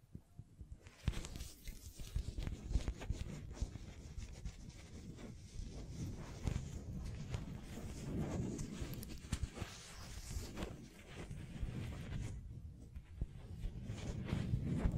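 Dense scratching and tracing sounds with frequent sharp taps, steady throughout, with a low rumble underneath and brief quieter gaps near one and twelve seconds.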